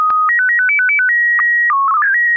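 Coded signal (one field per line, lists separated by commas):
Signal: SSTV (slow-scan television)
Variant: PD 120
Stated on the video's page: SSTV net on a 441.300 MHz FM repeater in Sacramento, CA, using MMSSTV.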